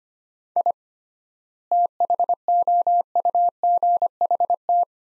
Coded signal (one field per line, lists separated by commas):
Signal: Morse code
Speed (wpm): 25 wpm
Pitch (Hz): 700 Hz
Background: none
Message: I THOUGHT